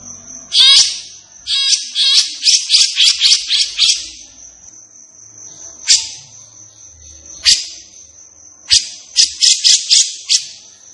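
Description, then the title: Grey-cheeked bulbul song: fast runs of chattering, buzzy notes broken by single harsh bursts, with a steady thin high whine throughout. Singing energetically and persistently (gacor), agitated (emosi), as a tutoring track (masteran) for training caged birds. "Cucak Jenggot Gacor. Cucak Jenggot Emosi Untuk Masteran"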